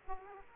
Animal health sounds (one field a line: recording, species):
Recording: mosquito wingbeat signal from an infrared sensor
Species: Aedes aegypti